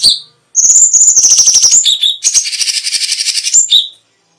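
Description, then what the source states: Cucak cungkok singing a sustained, high, rapidly pulsed phrase that shifts into a harsher, denser trill, ending on a short lower whistle. Special song bursts ("tembakan istimewa").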